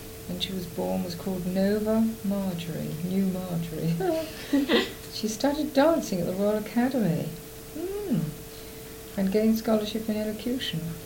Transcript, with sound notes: When she was born was called Nova Marjorie. New Marjorie. Oh! [laughs] She started dancing at the Royal Academy. Mhm! And gained scholarship in elocution.